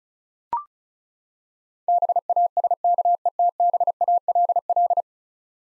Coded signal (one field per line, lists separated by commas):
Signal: Morse code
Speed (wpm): 36 wpm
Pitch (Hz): 700 Hz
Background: none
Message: BASKETBALL